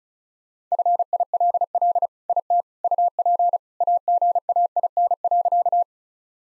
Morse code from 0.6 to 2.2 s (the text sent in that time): FILL